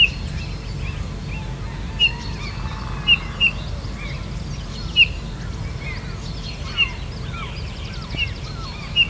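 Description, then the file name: Eurasian bullfinch calls: short, soft whistled notes at irregular intervals, amid a busy chorus of other birds and a low background rumble. "Pyrrhula pyrrhula"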